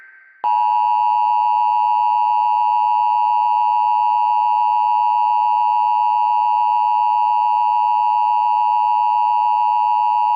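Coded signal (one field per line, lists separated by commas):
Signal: Emergency Alert System (SAME) tones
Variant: 853 and 960 Hz attention tone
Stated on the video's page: TV station EAS anomaly during a TeleBLUE test.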